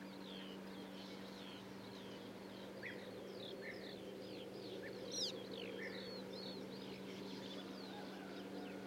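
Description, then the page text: European bee-eater calls, short burry chirping notes scattered throughout over a steady low hum and faint background noise. "Пение птиц - Золотистая щурка"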